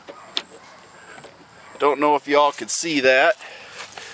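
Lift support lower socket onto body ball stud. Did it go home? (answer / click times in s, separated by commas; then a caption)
yes / 0.4 s. The bottom socket of a new gas lift support on a 2011 Ford Edge powered hatch is pushed onto its lower ball stud on the body, seating with a sharp snap at 0.4 s. Someone then talks, and the support is confirmed snapped in place.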